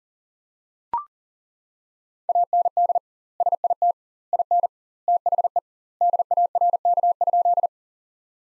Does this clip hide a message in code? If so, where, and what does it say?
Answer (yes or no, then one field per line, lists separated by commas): yes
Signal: Morse code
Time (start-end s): 2.3-7.7 s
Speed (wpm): 37 wpm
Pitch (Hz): 700 Hz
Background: none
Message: AND SIT IN THE DARK?